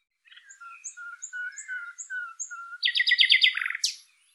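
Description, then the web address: Bird giving a series of short whistled notes that alternate between high and low pitch, followed by a loud quick rattling trill and a sharp high note. "Deverinetal 2025"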